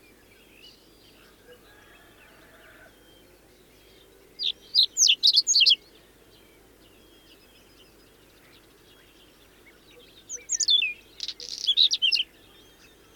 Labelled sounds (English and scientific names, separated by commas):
Whinchat (Saxicola rubetra) song